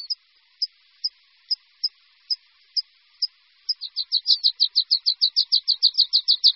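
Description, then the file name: Water pipit giving single high notes about every half second, then speeding into a fast, loud trill of sharp chirps. "Linduška-horská"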